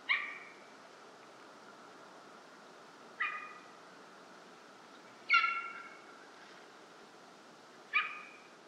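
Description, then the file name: Golden eagle calls: four short, clear harmonic yelps spaced about two to three seconds apart, over a steady faint hiss. "aigle Royal"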